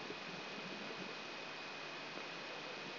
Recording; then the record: brain microelectrode recording played as sound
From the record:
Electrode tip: outside the subthalamic nucleus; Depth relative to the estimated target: -3 mm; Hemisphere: right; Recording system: AlphaMap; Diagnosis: Parkinson's disease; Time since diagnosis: 11 years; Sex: male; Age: 66 years